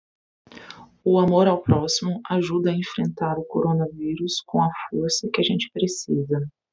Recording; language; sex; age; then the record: spoken sentence; Brazilian Portuguese; female; 30 to 39 years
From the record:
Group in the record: control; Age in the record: 39 years